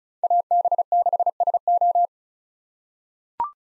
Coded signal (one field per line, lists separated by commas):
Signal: Morse code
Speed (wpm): 34 wpm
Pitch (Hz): 700 Hz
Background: none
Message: AB6SO